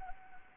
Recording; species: mosquito wingbeat signal from an infrared sensor; Anopheles arabiensis